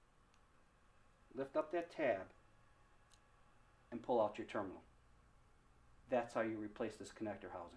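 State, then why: Released. A precision screwdriver lifts the small plastic locking tab inside a 2-cavity connector housing so the crimped metal wire terminal can be pulled out, while someone talks. A faint, sharp click at 3.1 s marks the locking tab clicking free, and the terminal is released.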